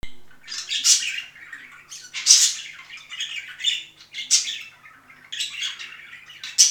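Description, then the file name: Budgerigar warbling song, raspy squawks and grating chirps in a busy, irregular stream. "penie volnistyx popugaev"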